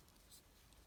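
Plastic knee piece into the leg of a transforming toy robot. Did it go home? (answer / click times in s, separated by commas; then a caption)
no / none. A plastic knee piece is handled and pressed toward its slot in the leg of a transforming toy helicopter robot, with quiet faint plastic rustling and a small tick near 0.7 s. The part has not seated or clicked into place yet.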